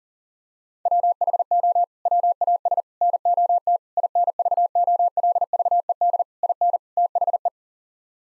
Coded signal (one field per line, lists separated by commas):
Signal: Morse code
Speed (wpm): 39 wpm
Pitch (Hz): 700 Hz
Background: none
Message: WHO WAS NOT INVOLVED IN THE